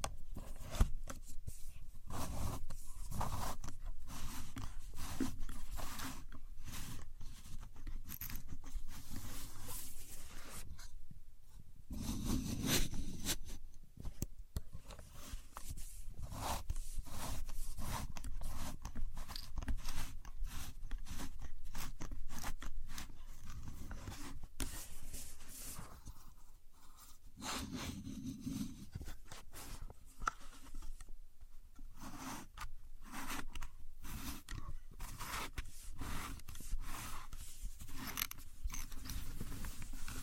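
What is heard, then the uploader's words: A contour gauge clicks and rattles in dense, rapid, irregular bursts of scraping pins, with brief low rumbling pauses near twelve and twenty-eight seconds. A Contour Gauge. No Talking.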